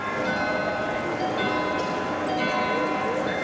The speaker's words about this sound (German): Vor der neugotischen Zuckerbäckerfassade des Münchner Rathauses stehen Touristen aus aller Welt und bestaunen das berühmte Glockenspiel.